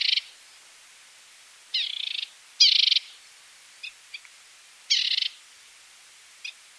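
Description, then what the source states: Mountain warbler giving harsh, buzzy call bursts, four longer rasping notes spaced irregularly with a few short ticks between them, over quiet background. Bird call.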